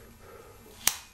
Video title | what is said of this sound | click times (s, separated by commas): Canon FD-Objektiv - Sony NEX-Adapter Kiwifotos - by www.enjoyyourcamera.com | Klick, haben Sie gehört. Und alles ist verbunden. | 0.9 s